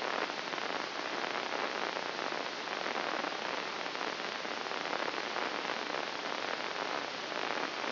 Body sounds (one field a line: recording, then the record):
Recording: brain microelectrode recording played as sound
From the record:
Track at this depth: inside the subthalamic nucleus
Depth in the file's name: 4.709 mm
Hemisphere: left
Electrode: 2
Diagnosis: Parkinson's disease